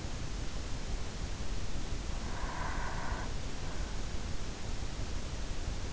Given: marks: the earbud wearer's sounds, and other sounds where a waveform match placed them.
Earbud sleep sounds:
sounds in sleep by an in-ear microphone; breath
2.04-3.81 s: breath

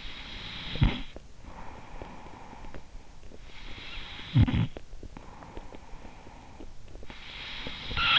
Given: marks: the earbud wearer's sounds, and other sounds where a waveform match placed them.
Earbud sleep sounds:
sounds in sleep by an in-ear microphone; snoring breath
0.00-3.37 s: snoring breath
3.37-8.19 s: snoring breath

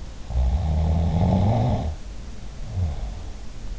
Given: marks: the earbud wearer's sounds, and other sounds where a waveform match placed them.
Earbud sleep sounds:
sounds in sleep by an in-ear microphone; snoring breath
0.26-3.37 s: snoring breath

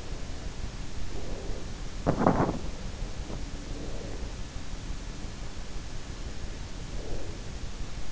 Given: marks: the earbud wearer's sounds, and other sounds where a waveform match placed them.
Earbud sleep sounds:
sounds in sleep by an in-ear microphone; breath, body movement
0.98-1.90 s: breath
1.90-2.76 s: body movement
3.50-4.61 s: breath
7.09-7.74 s: breath

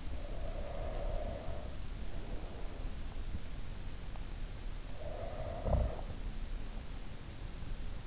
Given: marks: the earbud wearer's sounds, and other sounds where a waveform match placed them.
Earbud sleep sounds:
sounds in sleep by an in-ear microphone; breath, snoring breath
0.02-3.10 s: breath
4.70-8.07 s: snoring breath

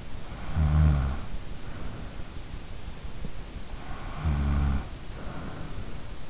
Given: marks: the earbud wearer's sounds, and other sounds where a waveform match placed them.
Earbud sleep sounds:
sounds in sleep by an in-ear microphone; snoring breath
0.47-2.11 s: snoring breath
4.13-6.18 s: snoring breath

